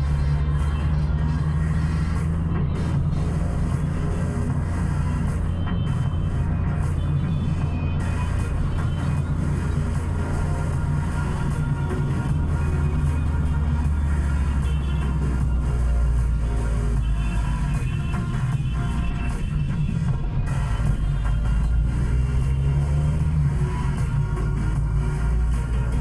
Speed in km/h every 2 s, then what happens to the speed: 52, 56, 56, 56, 55, 54, 51, 44, 35, 19, 15, 19, 28.
0-11 steady at about 55. 11-19 brakes to 15. 21-26 speeds up to 28.